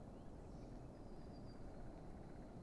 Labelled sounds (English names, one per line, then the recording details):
Eurasian Blue Tit
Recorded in Germany
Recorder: ecoPi